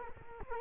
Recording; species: mosquito wingbeat signal from an infrared sensor; Culex quinquefasciatus